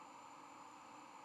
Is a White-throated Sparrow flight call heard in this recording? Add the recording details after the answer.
no. No flight call is heard. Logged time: 07:08 on 5 November 2014